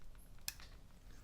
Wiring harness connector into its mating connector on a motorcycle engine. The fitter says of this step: there's your click so we are locked and loaded on that one